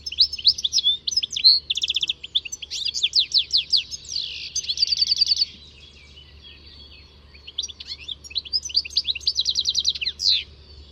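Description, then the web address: Bird song of fast, high chattering phrases with repeated sweeping notes and buzzy trills, one long burst then a pause before another; faint low hum in background. "Deverinetal. Bird Only"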